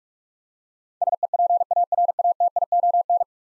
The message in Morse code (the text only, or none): SEPARATION